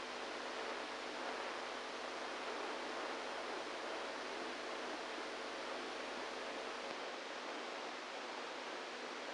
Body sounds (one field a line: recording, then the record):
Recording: brain microelectrode recording played as sound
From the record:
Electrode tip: inside the subthalamic nucleus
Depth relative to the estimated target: -2 mm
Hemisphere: right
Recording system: NeuroSet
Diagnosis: Parkinson's disease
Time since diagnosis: 27 years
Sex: male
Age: 62 years